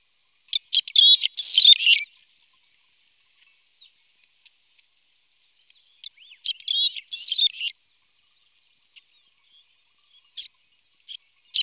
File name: red rumped swallow